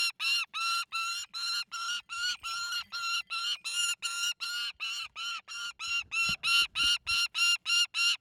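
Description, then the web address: Saker falcon giving rapid, repeated grating screeches, roughly three per second, steady and insistent, a few faint low thumps underneath. A Saker falcon giving high, nervous screeches, squawks, screams and cries. "GDC 2019-Game Audio Bundle Soundmind. Saker Falcon (Tosia) - Call, Squawk Screech Scream Cry, High Nervous"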